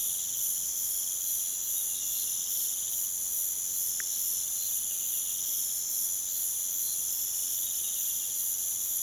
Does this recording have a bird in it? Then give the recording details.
no. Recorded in pastures near Puerto Asís, Putumayo, Colombia, on 29 June 2025 at 04:00. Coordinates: 0.486, -76.323. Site H29